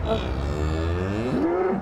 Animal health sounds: contact call of a hoofed animal; cattle; low-frequency (closed-mouth) or high-frequency (open-mouth) call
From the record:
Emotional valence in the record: negative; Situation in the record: full separation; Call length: 1.82 s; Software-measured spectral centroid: 1270 Hz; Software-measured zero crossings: 890 a second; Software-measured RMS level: -24 dBFS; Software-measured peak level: -11 dBFS

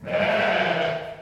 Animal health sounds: contact call of a hoofed animal; sheep; low-frequency (closed-mouth) or high-frequency (open-mouth) call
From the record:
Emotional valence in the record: negative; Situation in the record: short social isolation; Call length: 1.22 s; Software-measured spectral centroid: 1730 Hz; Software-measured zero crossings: 2120 a second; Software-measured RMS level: -24 dBFS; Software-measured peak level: -10 dBFS

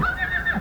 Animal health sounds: contact call of a hoofed animal; Przewalski's horse; whinny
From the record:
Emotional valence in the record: negative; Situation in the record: naturally occurring agonistic interactions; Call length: 0.60 s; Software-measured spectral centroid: 2150 Hz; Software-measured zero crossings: 2810 a second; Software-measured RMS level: -24 dBFS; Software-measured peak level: -12 dBFS

